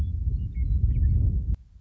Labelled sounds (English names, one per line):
Western Meadowlark